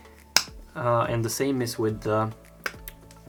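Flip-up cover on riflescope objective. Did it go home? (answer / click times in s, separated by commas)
yes / 0.4 s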